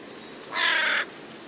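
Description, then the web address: Bird giving a single harsh, raspy caw lasting about half a second, with nothing else audible. "cianscape. Deverinetal 2025. Bird Only"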